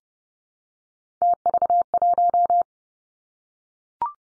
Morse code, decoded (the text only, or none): TV1